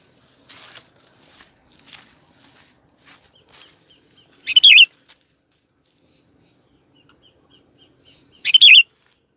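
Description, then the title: Sooty-headed bulbul utters two bubbly chirping phrases about four seconds apart, after several seconds of soft rustling and fluttering sounds. "Kutilang"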